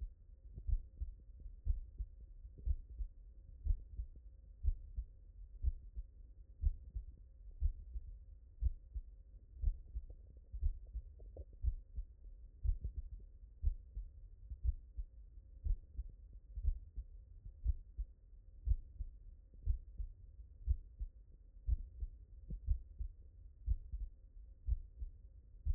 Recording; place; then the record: heart sounds by stethoscope; tricuspid valve (TV)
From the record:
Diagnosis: non-HFrEF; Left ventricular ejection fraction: 62%